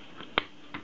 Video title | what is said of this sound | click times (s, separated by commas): Loading & Shooting Instant Film in a Hasselblad | and this just kind of snaps back in. | 0.4 s